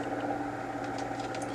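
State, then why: Not seated. New pickup rollers are slid back onto the roller shaft of a Lexmark T654 printer and lined up, against a steady low hum. Only faint, light scraping and handling sounds are heard. Nothing has seated or clicked yet.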